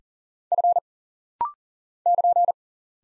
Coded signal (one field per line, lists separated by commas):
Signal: Morse code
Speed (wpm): 40 wpm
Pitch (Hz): 700 Hz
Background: none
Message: F <KN>